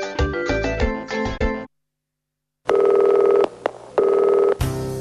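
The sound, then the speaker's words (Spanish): A quick run of dialing beeps, a brief silence, then a steady electronic telephone ring tone sounding in two long buzzing bursts, with no talking. “Si querés llamarnos por teléfono”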